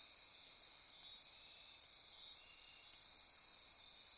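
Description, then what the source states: Insect chorus forms a constant high-pitched shimmering hum, layered bands of buzzing that never pause. Insect chorus recorded at midnight near Corcovado.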